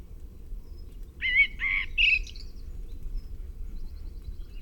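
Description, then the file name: Common blackbird uttering two short warbled notes and a higher squeaky flourish, then quiet with only a low hum. "Turdus merula"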